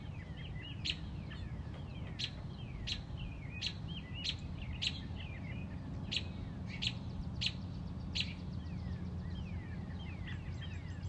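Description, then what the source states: Robin giving repeated sharp chirps, mixed with soft downslurred whistles, above a constant low background drone. Mother robin protecting a newly hatched chick on a front porch.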